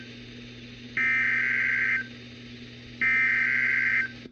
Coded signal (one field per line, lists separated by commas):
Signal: Emergency Alert System (SAME) tones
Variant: header bursts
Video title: EAS #909 Tornado Watch